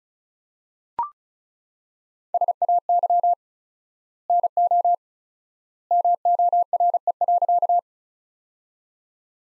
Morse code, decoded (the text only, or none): SAY NO MORE.